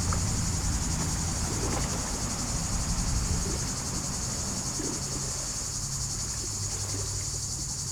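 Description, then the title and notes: Cicadas buzzing constantly in a dense, sizzling drone, while road traffic rumbles low and swells then fades. Hot summer day beside Lac du Bourget, Brison-Saint-Innocent, France; cicadas very active in waterside poplars; traffic on the D991; recorded during a bike stop. "9 Chem. de la Fontaine, 73100 Brison-Saint-Innocent, France - Les cigales. Au bord du lac du Bourget par une chaude journée d'été je suis en vélo, les cigales sont très actives aujourd'hui dans les peupliers du bord de l'eau. cymbalisation des cigales locales"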